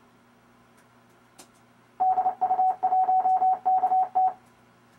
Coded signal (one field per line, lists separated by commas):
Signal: Morse code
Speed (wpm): 29 wpm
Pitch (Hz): 750 Hz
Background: none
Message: DU1KT